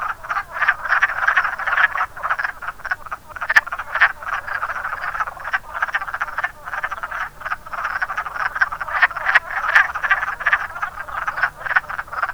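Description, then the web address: Wood frog chorus: many overlapping short, hoarse, clucking croaks, dense and continuous throughout, with brief quieter gaps. "zoology woodfrog"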